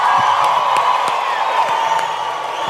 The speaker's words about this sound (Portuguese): Em segundo lugar, por favor, o aplauso de vocês para esses caras que estão escrevendo essa história linda. E esses três, esse também e esse ajudaram muito a mudar a minha vida. Por favor, o aplauso para eles.